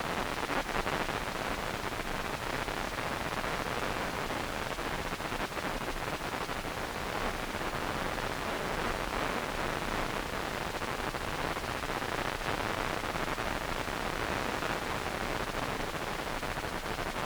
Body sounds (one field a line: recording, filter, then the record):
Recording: brain microelectrode recording played as sound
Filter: wide band, above 20 Hz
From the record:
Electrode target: subthalamic nucleus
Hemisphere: right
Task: reaching with the left hand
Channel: 2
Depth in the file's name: 5.102 mm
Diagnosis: Parkinson's disease